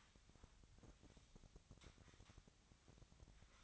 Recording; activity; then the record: daily activity, microphone in the room; sweep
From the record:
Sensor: 3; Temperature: 24.8 degrees Celsius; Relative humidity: 38.3%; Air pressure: 1003.1 hPa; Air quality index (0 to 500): 196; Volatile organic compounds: 6 ppm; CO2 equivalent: 1913 ppm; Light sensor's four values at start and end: 18/44/18/20 and 18/44/18/20